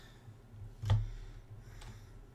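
Two plastic building-brick pieces are pushed onto a plastic brick model until they click into place. A sharp snap is heard at 0.9 s, followed by a softer click at 1.8 s over a low background hum. Both pieces seat.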